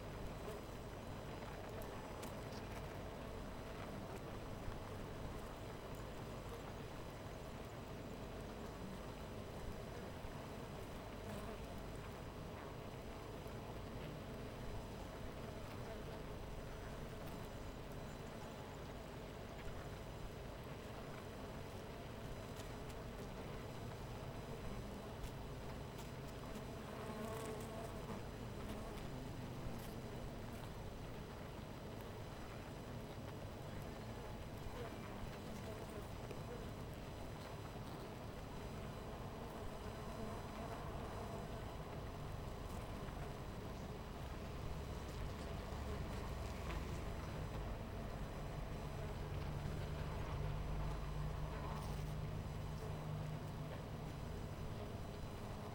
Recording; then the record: honeybee colony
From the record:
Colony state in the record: missing queen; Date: 14 July 2017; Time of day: 12:57